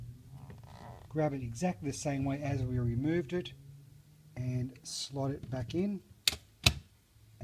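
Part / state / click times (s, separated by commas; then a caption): toner cartridge into laser printer drum unit / seated / 6.3 s, 6.7 s. Someone talks as a new toner cartridge for a Brother MFC laser printer is slotted back into the drum unit and pushed down until it locks. Two sharp, loud clicks ring out at 6.3 s and 6.7 s as the cartridge seats in the drum unit.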